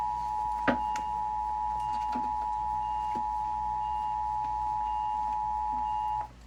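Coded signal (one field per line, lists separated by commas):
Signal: Emergency Alert System (SAME) tones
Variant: 853 and 960 Hz attention tone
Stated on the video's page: Severe Thunderstorm Warning alerts received on NOAA Weather Radio, TV and FM radio.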